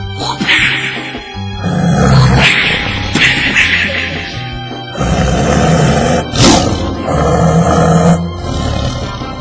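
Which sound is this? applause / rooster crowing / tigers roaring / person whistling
tigers roaring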